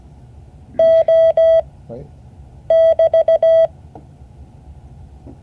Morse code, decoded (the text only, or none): O <BT>